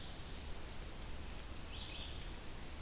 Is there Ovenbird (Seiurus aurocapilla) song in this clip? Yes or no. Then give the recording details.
no. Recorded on 2 June 2016 at 06:56. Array SBT-3-7